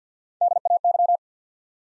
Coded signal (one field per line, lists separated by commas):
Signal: Morse code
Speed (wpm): 50 wpm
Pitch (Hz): 700 Hz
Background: none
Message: D A Y